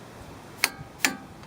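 A torque wrench is pulled a second time on the castle nut of a tie rod end and clicks again at the set torque, confirming the nut is tight enough. A sharp click is heard at 0.6 s, followed by a second similar click near 1.1 s against a quiet background.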